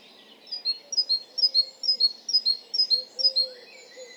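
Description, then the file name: Great tit giving bright, ringing two-note phrases, repeated steadily for about four seconds. "Parus major"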